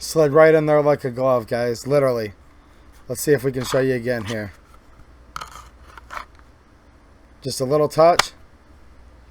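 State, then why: Seated. A Taurus G3C 9mm compact pistol is pushed with a light touch back into a Forged Tec kydex IWB holster, and it clicks into the holster's retention at 5.4 s, followed by a few quieter handling taps. Someone talks before and after the insertion. The pistol is seated.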